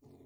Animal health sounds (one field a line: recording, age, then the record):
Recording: pig call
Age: weaner (32 to 43 days)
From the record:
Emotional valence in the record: negative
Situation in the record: restrain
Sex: male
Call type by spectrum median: low-frequency call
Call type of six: low-frequency stable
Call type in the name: low-frequency stable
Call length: 0.25 s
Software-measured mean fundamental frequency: 46 Hz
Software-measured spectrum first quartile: 187 Hz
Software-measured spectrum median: 317 Hz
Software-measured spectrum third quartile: 574 Hz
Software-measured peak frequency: 268 Hz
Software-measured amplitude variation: 148 dB a second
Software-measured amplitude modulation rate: 22.0 a second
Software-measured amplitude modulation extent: 6.7 dB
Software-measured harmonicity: -0.6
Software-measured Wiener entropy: 0.57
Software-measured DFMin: 1126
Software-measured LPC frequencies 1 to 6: 351, 2128, 3616, 4248, 4835, 5727 Hz